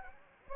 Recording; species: mosquito wingbeat signal from an infrared sensor; Anopheles gambiae